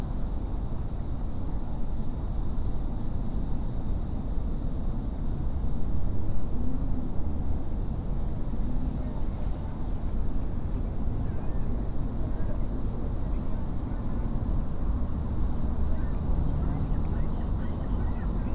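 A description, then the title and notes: Outdoors beside a river near a city, a steady low rumble of traffic or aircraft fills the air without pause. The sound is dense and mostly deep, with a faint murmur that might be voices, and it swells slightly around the middle before settling back. Sitting and thinking next to the Anacostia River near Washington, D.C.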